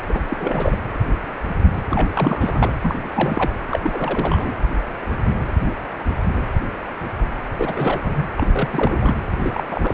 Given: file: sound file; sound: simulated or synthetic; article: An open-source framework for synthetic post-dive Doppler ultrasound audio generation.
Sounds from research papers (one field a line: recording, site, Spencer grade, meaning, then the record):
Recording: Doppler ultrasound audio after a dive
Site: precordial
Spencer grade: 3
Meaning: All of the cardiac periods contain showers or single bubble signals, but not dominating or overriding the cardiac motion signals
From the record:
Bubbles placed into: full cardiac cycles